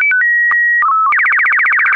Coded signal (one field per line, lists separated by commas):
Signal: SSTV (slow-scan television)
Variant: Robot BW 8